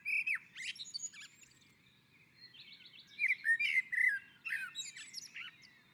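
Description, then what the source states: Common blackbird song: a fluty opening note followed by bursts of scratchy, high twittering and short warbled notes. Common blackbird singing on a roof.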